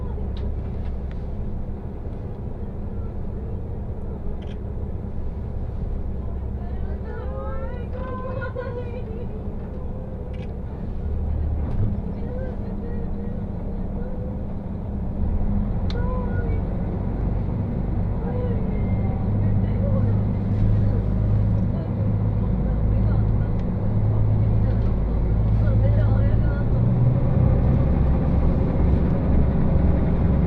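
Aboard the Ai Yoshinogawa trolley train on the Tokushima Line, a steady low rumble of the moving carriage fills the whole clip, growing louder after about ten seconds and again near fifteen. Voices talk intermittently over it, with occasional small clicks and knocks.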